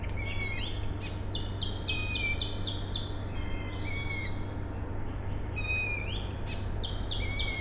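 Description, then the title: Owl chicks giving several harsh, raspy calls over a steady low industrial hum. Owl chicks calling at night, Tuesday 21 May 2019, Siemianowice Śląskie, Poland; industrial plant in background; recorded with Zoom H5 and Audio-Technica BP4025. "Siemianowice Śląskie, Polska - Owl chicks"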